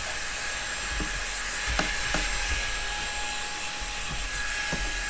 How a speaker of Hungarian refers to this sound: Nagyon jó, hogy mindig van az embernél egy porszívó, amit csak így elővehet és letakaríthatja a kedvenc Batmobilját. Szerintem ez nagyon fontos, hogy mindig legyen kéznél egy porszívó.